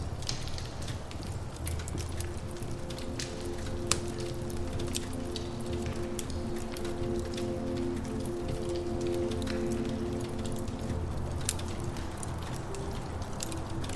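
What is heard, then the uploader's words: Soft ambient music holds long, steady low tones that swell in around two seconds and fade near twelve. Dense, irregular crackling from a fire pops throughout, with a couple of sharper snaps near four and eleven seconds over a constant low rumble. It may be a cold and dreary winter night, but you’re warm and cozy inside.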